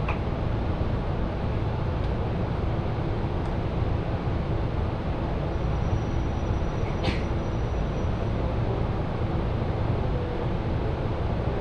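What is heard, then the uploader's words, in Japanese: A Joban Line local train rides with a steady, dense low rumble and hum, with a brief sharp click near seven seconds. 常磐線各駅停車 北千住→我孫子。各駅停車区間を走るのは東京メトロ千代田線に乗り入れる車両なので随分と異色な感じがします。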